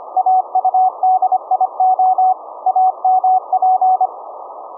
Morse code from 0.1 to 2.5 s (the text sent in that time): AUDIO